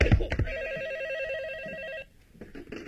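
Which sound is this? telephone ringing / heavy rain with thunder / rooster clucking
telephone ringing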